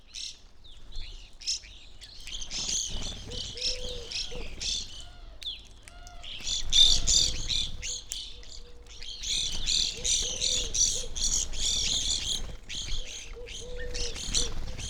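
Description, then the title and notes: Evening grosbeaks calling in bursts of dense, shrill chatter separated by brief lulls, with a few soft, low, arching whistled notes underneath. Flock feeding on sunflower seeds at a backyard feeder hanging in a birch tree; relatively warm winter morning; McCloud, Siskiyou County, California; two microphones on either side of the tree trunk. "McCloud in Siskiyou County, California. It was a relatively warm winter morning, and a flock of Evening Grosbeaks was busily eating a breakfast of sunflower seeds"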